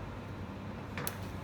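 A metal gear selector knob on a lathe gearbox is turned back to position B2 against a low, steady background hum, with a brief scrape starting at 0.98 s. It clicks into its detent at 1.1 s with a sharp, bright click, and the selector is seated at position 2.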